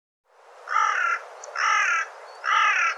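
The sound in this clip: Bird calling three harsh, rasping caw-like notes, each about half a second long, spaced evenly under a second apart.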